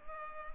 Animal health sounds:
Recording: mosquito wingbeat signal from an infrared sensor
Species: Culex pipiens

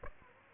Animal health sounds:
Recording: mosquito wingbeat signal from an infrared sensor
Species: Aedes aegypti

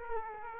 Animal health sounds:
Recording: mosquito wingbeat signal from an infrared sensor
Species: Aedes aegypti

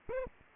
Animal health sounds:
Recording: mosquito wingbeat signal from an infrared sensor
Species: Aedes aegypti

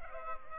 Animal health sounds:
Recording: mosquito wingbeat signal from an infrared sensor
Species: Culex pipiens

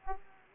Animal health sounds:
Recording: mosquito wingbeat signal from an infrared sensor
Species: Aedes aegypti

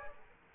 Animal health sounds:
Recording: mosquito wingbeat signal from an infrared sensor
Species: Aedes aegypti

